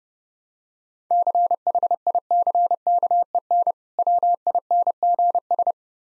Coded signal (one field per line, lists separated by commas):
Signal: Morse code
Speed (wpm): 30 wpm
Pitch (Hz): 700 Hz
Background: none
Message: CHICKEN WINGS